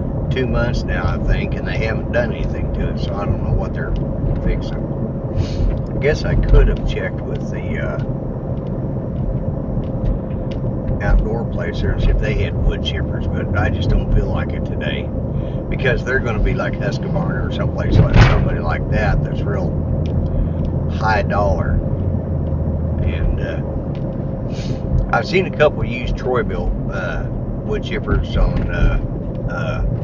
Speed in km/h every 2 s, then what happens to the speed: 56, 55, 55, 55, 53, 53, 53, 53, 53, 55, 55, 53, 50, 47, 47.
0-21 steady at about 55. 21-26 slows to 47.